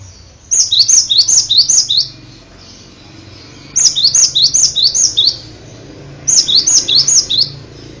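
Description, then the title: Bird song: three bursts of quick, high, downslurred whistles, each of several notes, with brief silences between. "kikicau"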